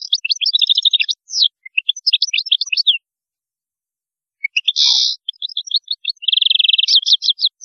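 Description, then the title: European goldfinch singing loud, fast tinkling twitters and trills, a short pause, then a harsh buzzy note followed by rapid liquid twittering and a quick trilled run. "Chant Chardonneret"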